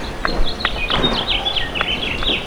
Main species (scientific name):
Haemorhous mexicanus